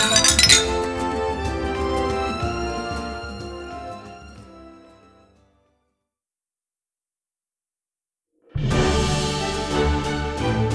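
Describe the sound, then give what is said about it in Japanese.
A bright burst of clinking glasses in a toast to everyone's meeting and reunion opens, followed by ringing, music-like tones that fade over several seconds into silence before a full, dense passage of sound starts again. No one speaks. “みんなの出会いと再会を祝して乾杯。”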